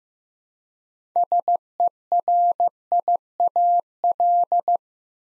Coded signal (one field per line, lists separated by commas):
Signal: Morse code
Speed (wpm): 15 wpm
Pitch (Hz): 700 Hz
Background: none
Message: SERIAL